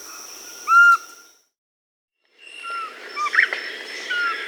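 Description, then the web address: Large-headed flatbill: a short, clear whistled note, then after a pause fainter similar notes among other calls and background noise. Peru, Amazon. "Birds of the Amazon. Large-headed Flatbill (Ramphotrigon megacephala), Peru"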